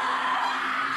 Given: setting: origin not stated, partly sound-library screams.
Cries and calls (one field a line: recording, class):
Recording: one-second piece from a danger detection set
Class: woman in danger